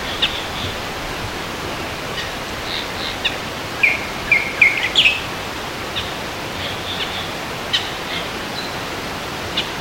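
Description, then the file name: Bird calls: short, high chirps scattered throughout, a quick cluster of sharper notes in the middle, over a steady hiss of background noise. "SABIOD 50 bird 2015"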